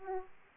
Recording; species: mosquito wingbeat signal from an infrared sensor; Aedes aegypti